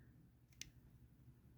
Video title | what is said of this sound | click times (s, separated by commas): GET THINGS DONE-EPISODE 75 | You probably couldn't hear it too much, but you can hear when it is actually fully into place. | 0.6 s